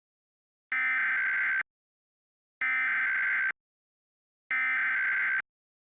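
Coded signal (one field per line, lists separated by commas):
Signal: Emergency Alert System (SAME) tones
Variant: header bursts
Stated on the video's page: Fictional scenario whose alert tones are stated to be valid.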